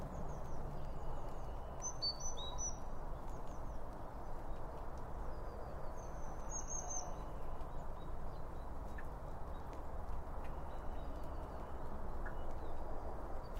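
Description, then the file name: Birds chirping in two short clusters of high tweets near the start and middle, then mostly steady low background noise with faint scattered notes. Several birds around a bird feeder, recorded with two Line Audio OM 1 microphones. "Birds Around Birdfeeding With Two Om 1 From Line Audio"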